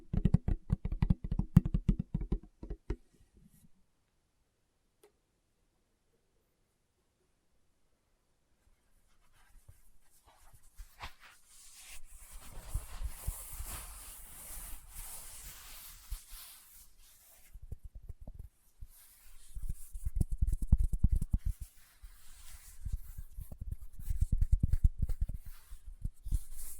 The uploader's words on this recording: ASMR Tapping with Fingertips (No Talking).